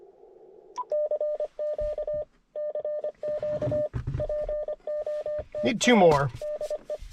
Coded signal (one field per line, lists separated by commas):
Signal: Morse code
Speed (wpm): 25 wpm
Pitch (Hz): 600 Hz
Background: speech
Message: CQ CQ POTR DE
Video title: CW Parks On The Air with the IC-705 and Gabil GRA-7350TC at Tracy Creek State Forest